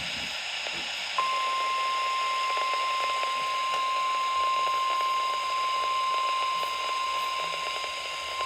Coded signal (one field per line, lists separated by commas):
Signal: Emergency Alert System (SAME) tones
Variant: 1050 Hz attention tone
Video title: Weatheradio Canada EAS # 1 Thunderstorm And Tornado XLM 572 Edmonton / XOF 962 Cooking Lake , AB